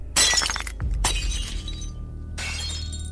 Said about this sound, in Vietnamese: Giò hoa lan đẹp đẽ như thế mà bây giờ rơi rụng lả tả. Cái chậu lan lộn ra rơi xuống đất, vỡ tan tành.